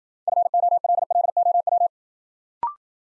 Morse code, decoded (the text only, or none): FOLLOW